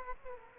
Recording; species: mosquito wingbeat signal from an infrared sensor; Culex quinquefasciatus